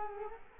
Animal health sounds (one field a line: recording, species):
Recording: mosquito wingbeat signal from an infrared sensor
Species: Culex quinquefasciatus